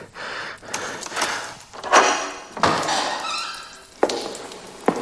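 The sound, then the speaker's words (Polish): A heavy metal door scrapes and grinds open in uneven bursts, with several dull clanks and thuds along the way and two sharper knocks near the end. No one speaks. “Metalowe drzwi.”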